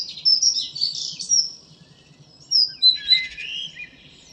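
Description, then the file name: Common blackbird song: two short bursts of high, squeaky twittering, the second dropping into a brief lower warble, separated by a pause of about a second. "Turdus merula"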